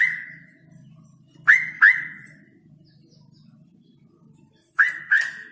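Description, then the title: Straw-headed bulbul calls: loud paired whistled notes, given twice with a long gap between them, over a steady low hum. Male, singing loudly with long trills. "Cucak ROWO Jantan GACOR Suara Lantang ROoo EL Panjang"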